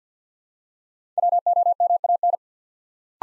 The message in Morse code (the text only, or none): WOMAN